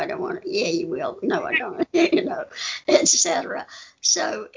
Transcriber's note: laughter